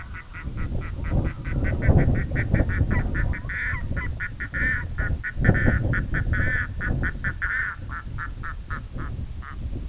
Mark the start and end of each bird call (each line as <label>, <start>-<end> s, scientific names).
Gavia stellata, 0.00-9.72 s